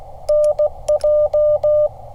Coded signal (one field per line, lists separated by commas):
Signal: Morse code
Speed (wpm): 16 wpm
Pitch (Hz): 600 Hz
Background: none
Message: NJ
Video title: "What Are You Doing?": A Ham Radio CW POTA Primer